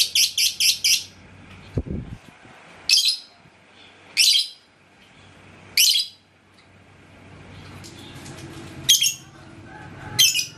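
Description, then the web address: Lovebird call sequence: four quick shrill squeaks, a soft low thump, then five more sharp single squeaks at uneven intervals. "love-bird suara-lovebird-paud"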